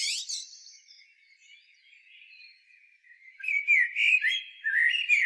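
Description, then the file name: Common blackbird singing: a thin high twitter trails off into a quiet lull, then a new phrase of rich warbled notes with squeaky high flourishes begins. "Turdus merula"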